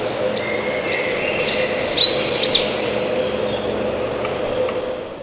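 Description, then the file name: Siberian chiffchaff song: thin, high, short notes, some falling, in a quick uneven series over a steady hiss, with a lower faint line of sound. "пеночка печальная"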